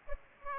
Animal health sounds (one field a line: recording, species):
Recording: mosquito wingbeat signal from an infrared sensor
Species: Aedes aegypti